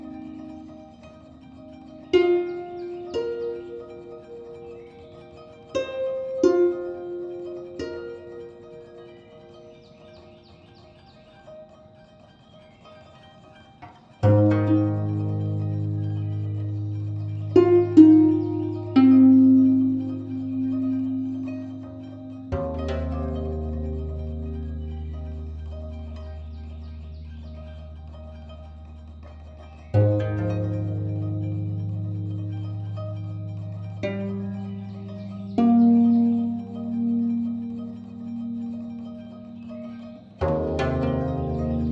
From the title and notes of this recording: Solo guzheng piece. In the early morning.